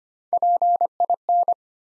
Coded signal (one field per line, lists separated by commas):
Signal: Morse code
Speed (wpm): 25 wpm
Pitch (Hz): 700 Hz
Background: none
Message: PIN